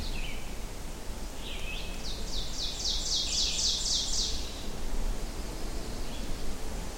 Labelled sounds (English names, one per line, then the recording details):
Ovenbird song
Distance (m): 15 m
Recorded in boreal forest in Alberta, Canada, on 24 June 2016 at 06:25
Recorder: SongMeter 3, array SBT-6-76
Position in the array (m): 220 m, 94 m
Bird 3